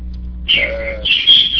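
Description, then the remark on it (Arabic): A dense flock of sparrows chirps in a loud, high-pitched chatter that starts abruptly after a brief low hum and continues in overlapping bursts. “صوت العصافير سميك.”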